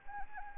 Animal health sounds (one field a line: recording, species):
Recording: mosquito wingbeat signal from an infrared sensor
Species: Anopheles arabiensis